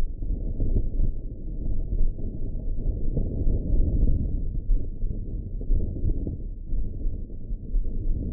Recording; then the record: heart sounds by optical stethoscope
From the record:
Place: pulmonary valve (PV)